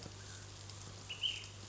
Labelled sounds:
Ash-throated Flycatcher

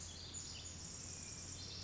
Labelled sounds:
Pacific Wren

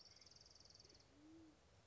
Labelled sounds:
Band-tailed Pigeon

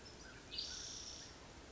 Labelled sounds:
Spotted Towhee

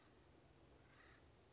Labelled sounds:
Acorn Woodpecker

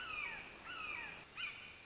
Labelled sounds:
Red-shouldered Hawk

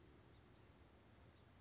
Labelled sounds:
Western Flycatcher

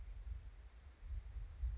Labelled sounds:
Chestnut-backed Chickadee

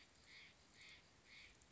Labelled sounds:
Steller's Jay

